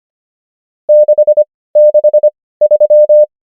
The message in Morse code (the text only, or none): 6 6 3